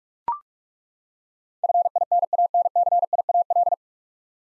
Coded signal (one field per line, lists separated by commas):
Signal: Morse code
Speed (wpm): 42 wpm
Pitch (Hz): 700 Hz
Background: none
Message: FINANCIAL